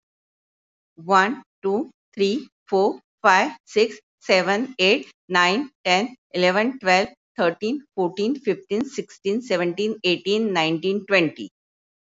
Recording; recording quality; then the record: counting at a normal pace; excellent, no background noise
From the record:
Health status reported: healthy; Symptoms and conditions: none ticked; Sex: female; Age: 66 years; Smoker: not ticked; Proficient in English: yes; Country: India